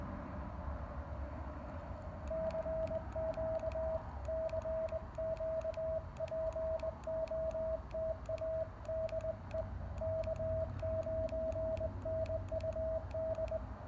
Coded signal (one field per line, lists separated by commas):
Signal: Morse code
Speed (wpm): 20 wpm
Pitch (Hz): 640 Hz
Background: radio noise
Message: CQ CQ POTA DE K9NUD